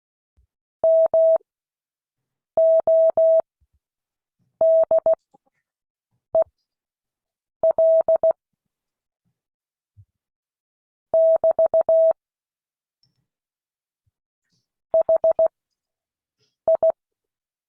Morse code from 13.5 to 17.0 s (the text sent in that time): HI